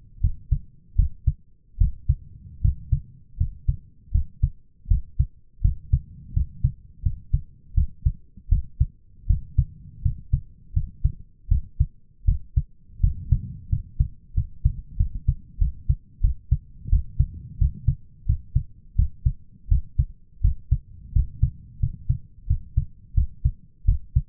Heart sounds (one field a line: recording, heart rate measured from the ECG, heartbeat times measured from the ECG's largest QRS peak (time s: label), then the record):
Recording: heart sounds by stethoscope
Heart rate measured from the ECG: 84 bpm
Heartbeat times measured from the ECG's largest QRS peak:
0.21 s: heartbeat
0.96 s: heartbeat
1.78 s: heartbeat
2.61 s: heartbeat
3.37 s: heartbeat
4.12 s: heartbeat
4.88 s: heartbeat
5.61 s: heartbeat
6.33 s: heartbeat
7.02 s: heartbeat
7.74 s: heartbeat
8.49 s: heartbeat
9.27 s: heartbeat
10.02 s: heartbeat
10.73 s: heartbeat
11.48 s: heartbeat
12.25 s: heartbeat
13.00 s: heartbeat
13.69 s: heartbeat
14.34 s: heartbeat
14.97 s: heartbeat
15.58 s: heartbeat
16.21 s: heartbeat
16.89 s: heartbeat
17.58 s: heartbeat
18.26 s: heartbeat
18.96 s: heartbeat
19.68 s: heartbeat
20.41 s: heartbeat
21.13 s: heartbeat
21.80 s: heartbeat
22.47 s: heartbeat
23.14 s: heartbeat
23.85 s: heartbeat
From the record:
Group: healthy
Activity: rest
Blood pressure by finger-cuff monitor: 146/104 mmHg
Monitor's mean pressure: 116 mmHg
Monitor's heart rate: 84 bpm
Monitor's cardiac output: 7 L/min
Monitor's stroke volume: 84 mL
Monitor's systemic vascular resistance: 1220 dyn s/cm5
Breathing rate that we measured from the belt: 17 breaths a minute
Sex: male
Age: 23 years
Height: 179 cm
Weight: 87 kg